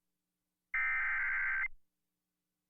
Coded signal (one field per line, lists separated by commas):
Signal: Emergency Alert System (SAME) tones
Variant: header bursts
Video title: 10:03 PM 7/1/2026 WPHN-FM Severe Thunderstorm Warning EAS